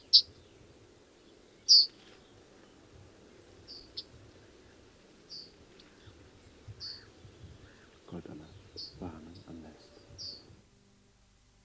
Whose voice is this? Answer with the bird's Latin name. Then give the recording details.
Emberiza citrinella. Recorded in the wild. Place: Lütow, Insel Usedom, Mecklenburg-Vorpommern, DE. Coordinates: 54.032, 13.888. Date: 1975-06-15. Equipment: Nagra III BH, Sennheiser MD 21, parabola. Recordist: Schubert, Michael. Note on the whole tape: Goldammer warnt vor Katze